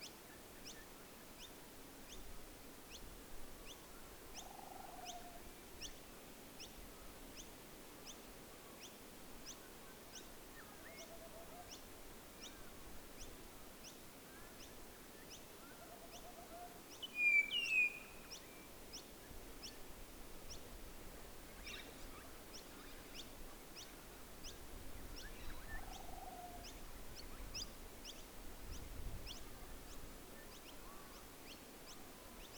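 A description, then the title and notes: Night at Menindee Lakes with steady rapid insect ticking, a few low duck-like calls, and a sharp bird call around seventeen seconds. Menindee Lakes. Recorded overnight in late 2020, featuring many bats, insects, a few nightjar, and some Wood Ducks.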